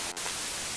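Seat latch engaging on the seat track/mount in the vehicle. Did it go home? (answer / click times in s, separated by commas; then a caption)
no / none. A rebuilt Jeep seat with replaced base foam, for a 1997–2001 Jeep Cherokee XJ or 1993–1998 Grand Cherokee ZJ, is handled during reinstallation into the vehicle, its seat latch not yet engaged on the seat track/mount. Only steady broadband static-like noise is heard, with a brief dip and a faint broadband streak around 0.1 s. Nothing has seated or clicked yet.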